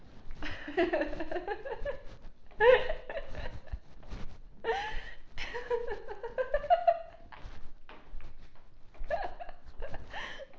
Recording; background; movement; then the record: laughter; quiet; walking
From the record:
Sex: female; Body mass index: 18.3 kg/m2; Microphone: on the chest, facing outward